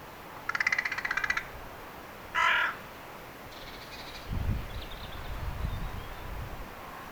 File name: Corvus corone